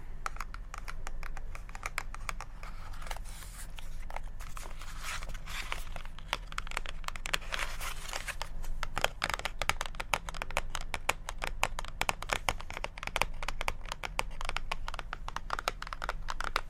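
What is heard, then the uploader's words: ASMR tapping: a dense stream of quick, sharp taps with a crisp, crinkly edge, growing faster and more regular after about eight seconds. A steady low hum runs underneath throughout, and the loudness stays fairly even. ASMR Tapping.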